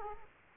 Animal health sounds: mosquito wingbeat signal from an infrared sensor; Aedes aegypti

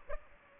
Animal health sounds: mosquito wingbeat signal from an infrared sensor; Aedes aegypti

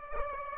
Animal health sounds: mosquito wingbeat signal from an infrared sensor; Aedes aegypti

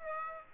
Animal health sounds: mosquito wingbeat signal from an infrared sensor; Aedes aegypti

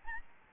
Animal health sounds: mosquito wingbeat signal from an infrared sensor; Aedes albopictus

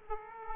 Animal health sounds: mosquito wingbeat signal from an infrared sensor; Aedes aegypti

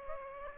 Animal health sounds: mosquito wingbeat signal from an infrared sensor; Aedes aegypti

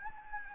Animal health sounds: mosquito wingbeat signal from an infrared sensor; Anopheles gambiae

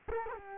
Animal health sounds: mosquito wingbeat signal from an infrared sensor; Culex quinquefasciatus

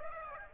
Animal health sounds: mosquito wingbeat signal from an infrared sensor; Aedes aegypti

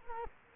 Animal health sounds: mosquito wingbeat signal from an infrared sensor; Culex quinquefasciatus

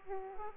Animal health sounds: mosquito wingbeat signal from an infrared sensor; Aedes aegypti

